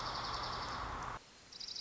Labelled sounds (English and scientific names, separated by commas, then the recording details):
Dark-eyed Junco (Junco hyemalis)
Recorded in Sonoma County, California